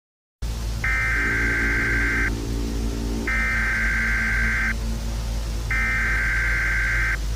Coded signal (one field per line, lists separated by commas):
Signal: Emergency Alert System (SAME) tones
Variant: header bursts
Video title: EAS Scenario - C-PRIT (Part 1)